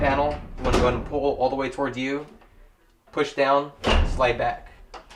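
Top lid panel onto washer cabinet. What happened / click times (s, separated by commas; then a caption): The panel is being handled but has not seated yet / none. Someone talks while handling the top lid assembly panel of a top-load washer (Maytag/Whirlpool/Sears/KitchenAid/Roper/Kenmore, model MVWC450XW4), which is being reinstalled onto the washer cabinet by pulling it toward them, pushing it down and sliding it back. The clip ends before the panel goes home, so nothing has seated or clicked yet.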